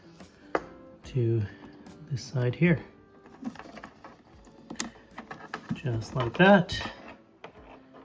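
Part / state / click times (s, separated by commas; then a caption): kit wire connector into generator's mating wiring connector / seated / 7.4 s. A new plastic wire connector from a propane conversion kit is pushed onto its mating connector on a Honda generator's wiring while someone talks. Soft handling taps and rustles follow. A click at 7.4 seconds marks the connector locking into place.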